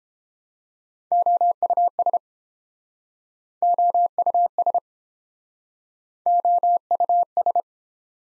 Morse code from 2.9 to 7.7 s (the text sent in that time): OUS OUS